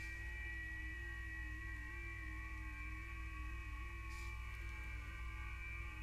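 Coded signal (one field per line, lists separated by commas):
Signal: FT8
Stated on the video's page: 30 meter band, through a homebrew 52-inch magnetic loop at 5 W, with contacts reaching Antarctica.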